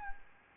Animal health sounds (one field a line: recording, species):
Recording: mosquito wingbeat signal from an infrared sensor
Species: Anopheles gambiae